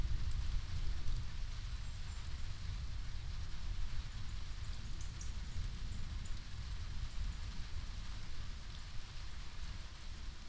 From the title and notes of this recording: Summer Storm with Rain, Thunder and Birds. This episode was recorded in Wyangala, NSW. We're setup at a covered picnic table and the rain has just set in. Hear the rain pouring down, and then as it eases, the birds come out while thunder rolls on in the distance. This recording was made with a Binaural Enthusiast dummy head, and processed with just a little reduction in the high mid-range.